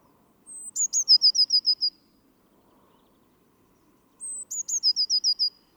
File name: Cyanistes caeruleus